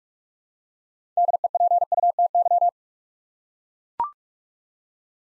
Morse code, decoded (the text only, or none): DEPUTY